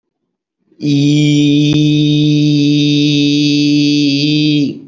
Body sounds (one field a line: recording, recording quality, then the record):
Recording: sustained vowel as in beet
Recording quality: excellent, no background noise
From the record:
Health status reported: healthy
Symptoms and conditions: none ticked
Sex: male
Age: 32 years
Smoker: not ticked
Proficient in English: yes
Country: India